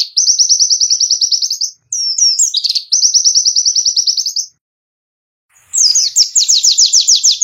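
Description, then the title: White-eye song of quick, high-pitched trills and twisting whistled notes, ending in a coarser trill after a pause. Masteran, a song-training recording for kept birds; white-eye described as gacor (singing constantly) with full tembakan (rapid trill bursts). "Masteran Burung Pleci Gacor Full Tembakan"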